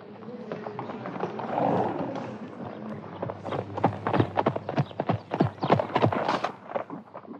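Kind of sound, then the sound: animal, horse hooves clip-clopping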